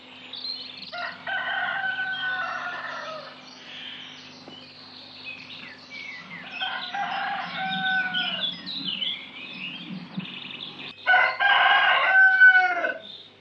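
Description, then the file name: Rooster crowing three times, each a long harmonic cock-a-doodle-doo of about two seconds, separated by short pauses. "hahn"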